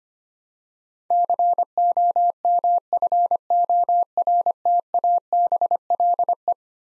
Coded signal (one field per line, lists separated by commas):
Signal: Morse code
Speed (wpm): 25 wpm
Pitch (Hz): 700 Hz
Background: none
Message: COMFORTABLE